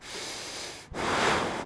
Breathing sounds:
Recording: one breath in and out by a microphone near the nose and mouth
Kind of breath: strong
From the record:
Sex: male

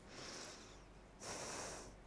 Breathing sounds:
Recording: one breath in and out by a microphone near the nose and mouth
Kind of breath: deep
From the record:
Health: marked as sick, illness not named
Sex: female

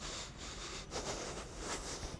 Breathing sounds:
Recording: one breath in and out by a microphone near the nose and mouth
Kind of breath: strong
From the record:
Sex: male

